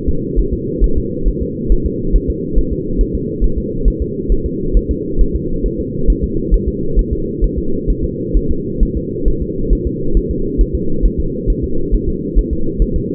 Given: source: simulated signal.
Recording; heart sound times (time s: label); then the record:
fetal heart sounds
0.09 s: S2
0.39 s: S1
0.53 s: S2
0.84 s: S1
0.98 s: S2
1.28 s: S1
1.42 s: S2
1.72 s: S1
1.86 s: S2
2.16 s: S1
2.30 s: S2
2.58 s: S1
2.73 s: S2
3.01 s: S1
3.15 s: S2
3.44 s: S1
3.58 s: S2
3.88 s: S1
4.02 s: S2
4.32 s: S1
4.46 s: S2
4.77 s: S1
4.91 s: S2
5.21 s: S1
5.36 s: S2
5.66 s: S1
5.80 s: S2
6.10 s: S1
6.24 s: S2
6.54 s: S1
6.68 s: S2
6.99 s: S1
7.13 s: S2
7.44 s: S1
7.58 s: S2
7.90 s: S1
8.04 s: S2
8.37 s: S1
8.51 s: S2
8.83 s: S1
8.97 s: S2
9.28 s: S1
9.42 s: S2
9.73 s: S1
9.87 s: S2
10.17 s: S1
10.31 s: S2
10.61 s: S1
10.75 s: S2
11.06 s: S1
11.20 s: S2
11.50 s: S1
11.64 s: S2
11.94 s: S1
12.09 s: S2
12.38 s: S1
12.53 s: S2
12.82 s: S1
12.96 s: S2
From the record:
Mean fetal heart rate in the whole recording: 135 bpm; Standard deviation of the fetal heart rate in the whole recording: 3 bpm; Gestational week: 36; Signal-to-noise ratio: -8.1 dB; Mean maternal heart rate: 72 bpm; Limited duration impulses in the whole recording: present